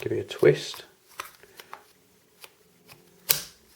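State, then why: Seated. A lens adapter is twisted onto the front lens mount of a Ricoh GR Digital III compact camera while someone talks, with small faint clicks during the twist. It ends in a sharp, loud snap at 3.3 s as the adapter seats in place.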